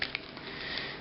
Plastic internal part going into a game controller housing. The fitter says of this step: Là, si vous entendez le petit clac, clac, clac, c'est que ça va.